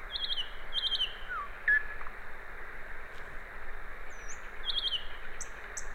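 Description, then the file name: Common nightingale song with two rattling, trilled phrases, a brief slurred note, a high whistled sweep, and later further rattles and sharp high notes, against constant low hiss. "Luscinia megarhynchos"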